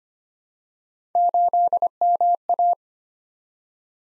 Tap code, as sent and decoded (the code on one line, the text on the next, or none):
none